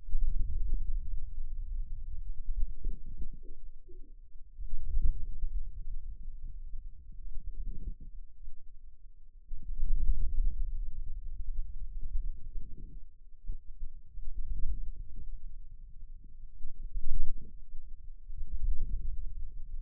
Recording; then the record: forearm muscle sounds (acoustic myography)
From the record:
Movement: wrist flexion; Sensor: system 2, bracelet of six BSWA MPA416 microphones around the upper forearm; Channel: 6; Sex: male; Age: 22 years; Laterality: right